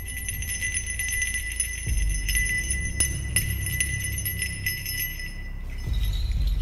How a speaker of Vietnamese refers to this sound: Thầy Tào cầm chiếc chuông nhỏ giơ lên rung và bắt đầu cầu khấn.